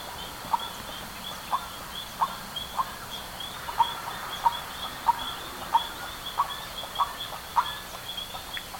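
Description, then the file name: Bird calls, short sharp mid-pitched notes repeated roughly every half second to second, over a steady high-pitched drone in the background. "SABIOD 50 bird 2015"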